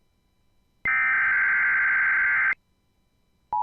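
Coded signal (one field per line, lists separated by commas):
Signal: Emergency Alert System (SAME) tones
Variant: header bursts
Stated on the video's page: Special weather statement issued by the NWS office about dense coastal fog.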